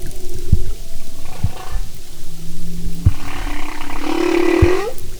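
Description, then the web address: Humpback whale song: low hums, then a loud grating buzzy unit rising sharply at its close, with pops and steady underwater noise. "Sound and Marine Mammals humpback"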